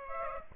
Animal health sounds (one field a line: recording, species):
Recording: mosquito wingbeat signal from an infrared sensor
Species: Aedes aegypti